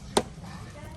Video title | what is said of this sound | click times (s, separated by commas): Floor Mat System For The Storyteller Mode | same thing they all snap to each other | 0.2 s